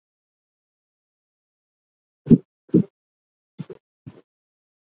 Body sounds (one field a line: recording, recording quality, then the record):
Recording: shallow voluntary cough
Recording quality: poor, much background noise or distortion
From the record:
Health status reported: healthy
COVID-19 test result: not tested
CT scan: not taken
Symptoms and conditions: none ticked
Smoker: no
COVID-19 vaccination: both doses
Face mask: worn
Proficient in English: yes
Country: India